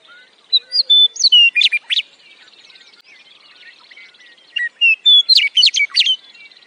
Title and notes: Intro Birdsong & Clips throughout : Western Meadowlark